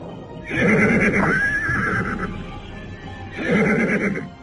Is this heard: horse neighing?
yes